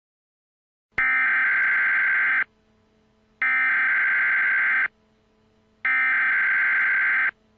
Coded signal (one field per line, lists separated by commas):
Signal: Emergency Alert System (SAME) tones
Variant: header bursts